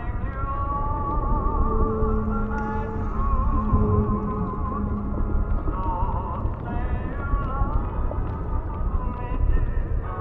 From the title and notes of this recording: Oldies music playing underwater in City.